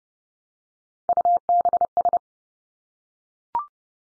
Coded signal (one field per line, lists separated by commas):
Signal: Morse code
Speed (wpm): 30 wpm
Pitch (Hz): 700 Hz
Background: none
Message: UBS